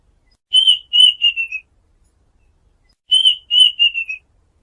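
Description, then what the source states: Duck whistled calls, two matching phrases of four descending whistles, separated by a pause of about one and a half seconds. Call used to lure ducks.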